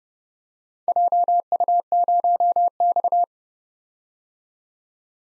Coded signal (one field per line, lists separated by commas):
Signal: Morse code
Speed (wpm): 31 wpm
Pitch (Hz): 700 Hz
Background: none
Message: JU0X